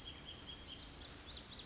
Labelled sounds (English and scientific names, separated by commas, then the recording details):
Pacific Wren (Troglodytes pacificus)
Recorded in Sonoma County, California